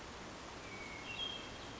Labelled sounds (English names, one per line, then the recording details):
Cassin's Vireo
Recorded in Sonoma County, California